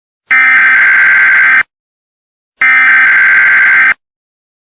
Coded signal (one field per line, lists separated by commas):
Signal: Emergency Alert System (SAME) tones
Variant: header bursts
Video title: EAS scenerio brightest sun ever